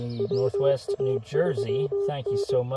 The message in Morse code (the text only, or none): WA3N